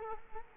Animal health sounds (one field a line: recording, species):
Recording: mosquito wingbeat signal from an infrared sensor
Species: Culex quinquefasciatus